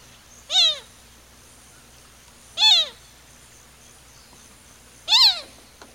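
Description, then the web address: Azure gallinule calls: three loud, harmonic, down-arching nasal notes about two seconds apart, each brief and strident. South America, eastern lowlands. "Natures Songs S America Eastern Lowlands. Azure Gallinule"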